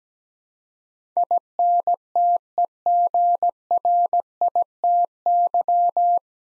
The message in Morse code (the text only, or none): INTEGRITY